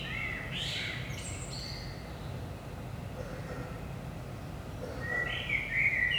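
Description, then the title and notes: Common blackbird phrase with a high twittered end at the start, then a quieter gap with background rumble before another bright warbled phrase begins. Recorded at 5 am in early morning in Saint-Gilles, Belgium; DPA 4060 microphones in AB position into a Zoom F3 recorder. "Saint-Gilles, Belgique - 5am Blackbird. Blackbird in the morning. Merle au petit matin"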